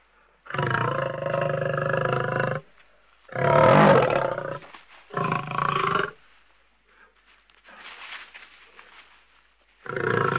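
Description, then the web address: Lion growling in long, deep, harmonic bursts of one to two seconds each, separated by brief pauses, with a softer rumble before a last growl. Lion growling, from a film and video sound-effects collection. "KMP Film Video Sound Effects. Leeuw - Grommend"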